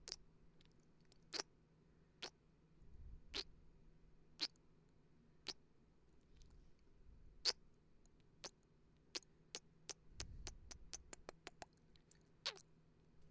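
Crisp lip smacks and kiss sounds pop out as sharp clicks, spaced irregularly at first and then tumbling into a rapid run between about nine and twelve seconds. A low, steady hum sits underneath, with soft rumbling swells around three and ten seconds.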